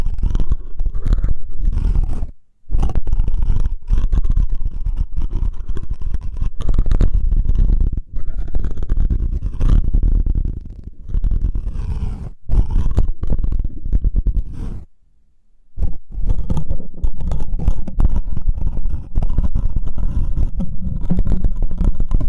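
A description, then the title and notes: Hair picking gives a dense, rough scratching that runs almost continuously, broken by brief silences near 2.5 and 15 seconds, with quick sharp strokes throughout. Pure hair picking, delicate and different tingling comfort, electric-like feeling.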